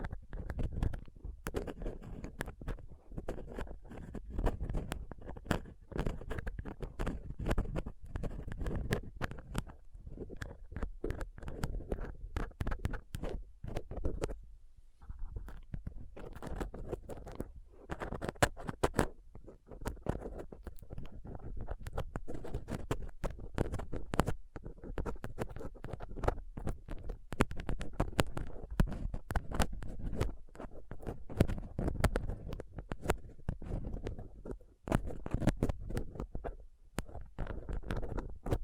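A mic's rough surface is picked and scraped with dental tools, tweezers and a cotton swab. Dense, irregular scratching and tapping clicks run throughout with a low rumbling undertone, pausing briefly near fifteen seconds before the busy scraping resumes.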